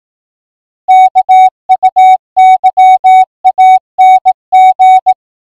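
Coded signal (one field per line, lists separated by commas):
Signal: Morse code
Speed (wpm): 18 wpm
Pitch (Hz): 750 Hz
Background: music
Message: KUYANG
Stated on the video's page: Radio heard through a Zello app connected to a two-way radio with audio cables.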